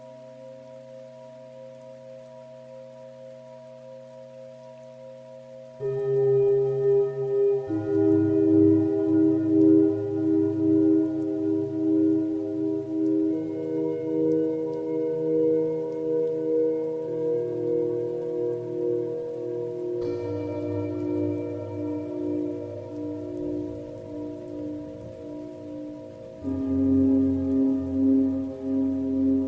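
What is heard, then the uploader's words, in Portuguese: Tibetan singing bowls ring over a steady low drone, starting with a quiet sustained tone alone for about six seconds. Then louder bowl tones enter and swell, with new strikes near 8, 13, 20 and 26 seconds, each layering long, wavering ringing notes. Frequência 432hz e taças tibetanas, batidas binaurais gamma e frequência Solfeggio.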